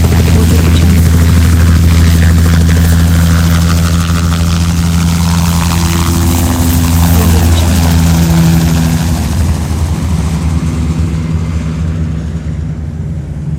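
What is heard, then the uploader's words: A helicopter runs with a deep, steady engine drone and a rapid, even rotor beat layered over a bright rushing whine. The sound is loud and dense throughout, easing slightly and losing some brightness toward the end. Helicopter Sound Effect.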